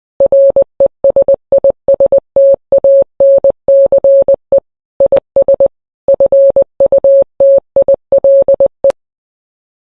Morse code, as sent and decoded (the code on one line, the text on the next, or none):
.-. . ... .. ... - .- -. -.-. . / .. ... / ..-. ..- - .. .-.. .
RESISTANCE IS FUTILE